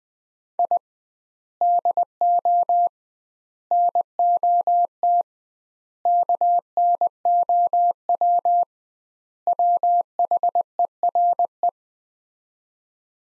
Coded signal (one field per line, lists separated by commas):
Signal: Morse code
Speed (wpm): 21 wpm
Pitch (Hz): 700 Hz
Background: none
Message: I DO NOT KNOW WHERE